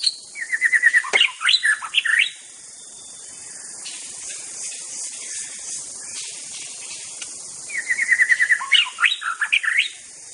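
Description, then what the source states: White-rumped shama song in two bursts separated by a long pause, each a quick run of clipped notes into looping whistles, with steady high hiss between. Forest-type white-rumped shama.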